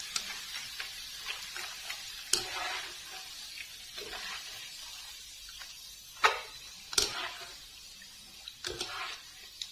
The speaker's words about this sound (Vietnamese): Này chiên nó nhanh lắm.